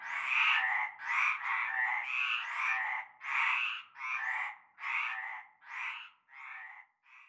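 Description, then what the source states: Frogs croaking densely with overlapping rasps for the first half, then calls spacing out and growing fainter toward the end. Frog chorus starting at nightfall in a large concrete basin with stagnant greenish water, Avenue Cante Coucou, Groupède, La Ciotat, Bouches-du-Rhône, Provence, France.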